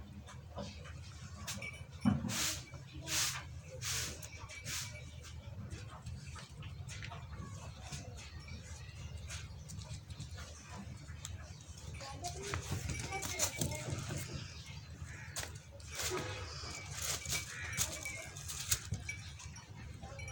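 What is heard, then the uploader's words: A newly born calf plays with a rottweiler dog amid steady low rumble, with sharp bursts and scuffles clustered near the start and mid-clip. Newly born calf play with rottweiler dog.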